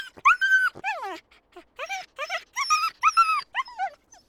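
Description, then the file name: Dog yelps and whimpers, loud high-pitched cries rising and falling, some drawn out, in a busy irregular run of about a dozen calls with short pauses. "freesound Dogs Yelping"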